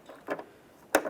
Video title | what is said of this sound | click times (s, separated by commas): How to Replace Inner Tail Lights 2012-2015 Honda Civic | Audible click. | 0.9 s